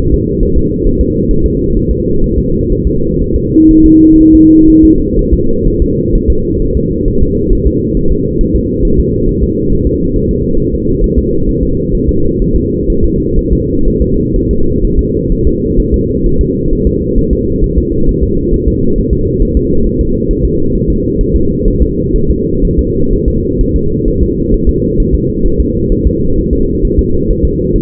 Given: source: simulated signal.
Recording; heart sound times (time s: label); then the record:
fetal heart sounds
0.14 s: S2
0.43 s: S1
0.57 s: S2
0.87 s: S1
1.01 s: S2
1.31 s: S1
1.46 s: S2
1.77 s: S1
1.91 s: S2
2.24 s: S1
2.38 s: S2
2.72 s: S1
2.87 s: S2
3.22 s: S1
3.36 s: S2
3.71 s: S1
3.86 s: S2
4.21 s: S1
4.35 s: S2
4.70 s: S1
4.84 s: S2
5.19 s: S1
5.33 s: S2
5.67 s: S1
5.82 s: S2
6.15 s: S1
6.30 s: S2
6.62 s: S1
6.77 s: S2
7.08 s: S1
7.22 s: S2
7.53 s: S1
7.67 s: S2
7.97 s: S1
8.12 s: S2
8.41 s: S1
8.55 s: S2
8.85 s: S1
8.99 s: S2
9.29 s: S1
9.43 s: S2
9.73 s: S1
9.87 s: S2
10.16 s: S1
10.31 s: S2
10.60 s: S1
10.74 s: S2
11.04 s: S1
11.19 s: S2
11.49 s: S1
11.63 s: S2
11.95 s: S1
12.09 s: S2
12.42 s: S1
12.56 s: S2
12.90 s: S1
13.04 s: S2
13.39 s: S1
13.53 s: S2
13.88 s: S1
14.02 s: S2
14.36 s: S1
14.51 s: S2
14.84 s: S1
14.99 s: S2
15.32 s: S1
15.47 s: S2
15.80 s: S1
15.94 s: S2
16.26 s: S1
16.41 s: S2
16.73 s: S1
16.87 s: S2
17.18 s: S1
17.33 s: S2
17.64 s: S1
17.78 s: S2
18.09 s: S1
18.23 s: S2
18.54 s: S1
18.68 s: S2
18.98 s: S1
19.13 s: S2
19.42 s: S1
19.57 s: S2
19.87 s: S1
20.01 s: S2
20.31 s: S1
20.45 s: S2
20.75 s: S1
20.90 s: S2
21.21 s: S1
21.36 s: S2
21.68 s: S1
21.82 s: S2
22.16 s: S1
22.30 s: S2
22.65 s: S1
22.79 s: S2
23.13 s: S1
23.28 s: S2
23.61 s: S1
23.76 s: S2
24.08 s: S1
24.23 s: S2
24.54 s: S1
24.69 s: S2
25.00 s: S1
25.14 s: S2
25.46 s: S1
25.60 s: S2
25.92 s: S1
26.07 s: S2
26.38 s: S1
26.53 s: S2
26.85 s: S1
26.99 s: S2
27.30 s: S1
27.45 s: S2
27.75 s: S1
From the record:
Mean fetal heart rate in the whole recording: 130 bpm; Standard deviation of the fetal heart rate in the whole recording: 4 bpm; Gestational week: 38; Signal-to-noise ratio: -16.4 dB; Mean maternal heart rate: 72 bpm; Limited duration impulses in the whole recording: present